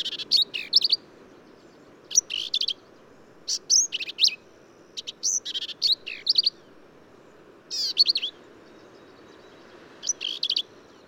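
Black-capped Vireo song: short bursts of high, squeaky and buzzy notes, repeated with short pauses over a soft steady background hiss.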